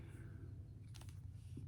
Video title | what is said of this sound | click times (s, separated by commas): Colorful Caterpillar | click them you can hear them click when they're closed and then we're going to put those aside | 1.0 s, 1.1 s